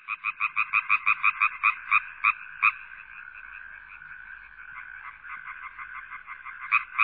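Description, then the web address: Frogs croaking, a quick run of rasping pulses fading into a softer continuous chorus before a few loud croaks return at the end. "Sound Effects Special FX 2. Frogs"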